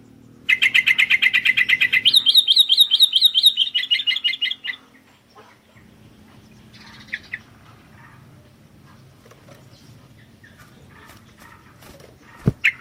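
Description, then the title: Sooty-headed bulbul song: a fast, even run of sharp chirped notes for about four seconds, shifting slightly higher midway, then near silence with a few faint chirps. "kutilang"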